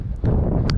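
The small top fastener on a paraglider harness is closed by hand over a steady low rumble. It snaps shut sharply at 0.7 s, confirming it is fully fastened.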